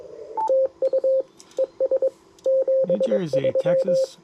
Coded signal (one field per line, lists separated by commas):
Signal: Morse code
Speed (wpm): 22 wpm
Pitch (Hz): 530 Hz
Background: speech, radio noise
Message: TU ES 73